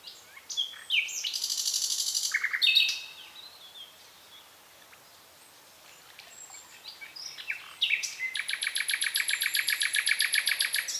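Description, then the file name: Common nightingale song: a loud phrase of rapid buzzy high trills and chattering notes, a quiet pause, then a long fast rattling series of repeated rich notes. "Luscinia megarhynchos"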